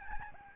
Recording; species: mosquito wingbeat signal from an infrared sensor; Aedes albopictus